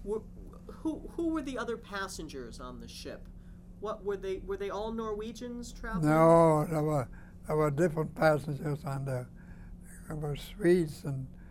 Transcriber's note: none